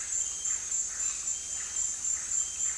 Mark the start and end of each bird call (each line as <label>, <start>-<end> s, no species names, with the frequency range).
bird call (0.8-3.1 kHz), 0.00-2.78 s